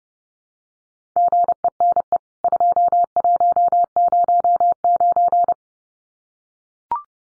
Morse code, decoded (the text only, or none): GENE 2109